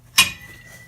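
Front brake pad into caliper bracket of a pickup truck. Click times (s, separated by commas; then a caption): 0.2 s. A front disc brake pad with steel backing and anti-rattle clips is pushed in and straightened in the front caliper bracket of a 1999–2004 Ford F250 4x4 pickup truck. A single sharp metallic snap is heard at 0.2 s, followed by a faint ringing tone that fades out. The pad snaps into place and is seated.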